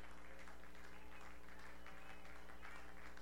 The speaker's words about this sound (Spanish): Yo te pido en esta mañana que le des un aplauso con todo lo que tú tienes al Señor. Dar un aplauso al Señor.